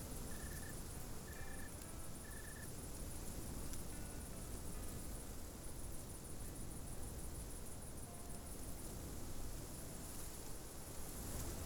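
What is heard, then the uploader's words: On a mountaintop, a steady, dense roar of wind fills the whole recording with a low rumble, like an engine. A thin, high whine runs almost throughout, and three short, even chirps sound in the first three seconds. On top of a mountain.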